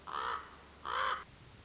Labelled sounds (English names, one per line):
Common Raven